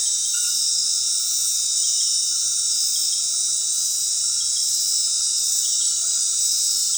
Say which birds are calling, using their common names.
none